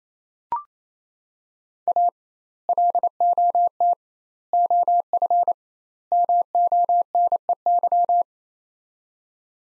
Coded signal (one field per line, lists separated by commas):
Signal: Morse code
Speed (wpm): 28 wpm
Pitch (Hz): 700 Hz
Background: none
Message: A LOT OF MONEY